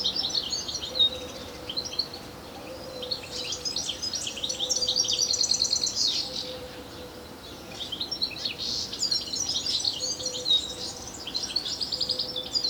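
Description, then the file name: European Goldfinch chattering in high, liquid tinkling phrases, in bursts separated by lulls, with a soft low tone faintly underneath. "Carduelis carduelis"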